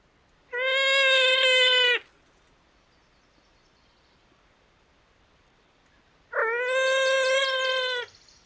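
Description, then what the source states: Ruffed grouse giving two drawn-out, steady, nasal squeals, each lasting over a second, separated by about four seconds of quiet. Female squealing.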